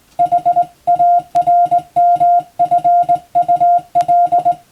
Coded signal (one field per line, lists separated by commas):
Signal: Morse code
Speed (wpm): 19 wpm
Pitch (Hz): 700 Hz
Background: music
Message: HARMFUL